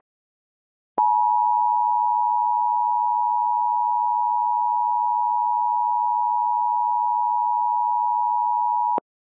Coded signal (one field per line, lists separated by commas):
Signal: Emergency Alert System (SAME) tones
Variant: 853 and 960 Hz attention tone